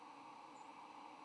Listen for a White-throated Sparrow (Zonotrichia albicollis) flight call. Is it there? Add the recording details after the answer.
no. Another species' flight call is heard. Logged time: 04:43 on 8 November 2014